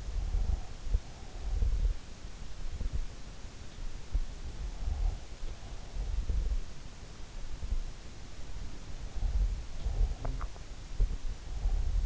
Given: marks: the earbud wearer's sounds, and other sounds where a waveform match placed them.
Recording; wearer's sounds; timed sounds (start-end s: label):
sounds in sleep by an in-ear microphone; breath, talking in sleep
0.00-2.19 s: breath
4.77-6.45 s: breath
9.09-12.06 s: breath
9.74-10.66 s: talking in sleep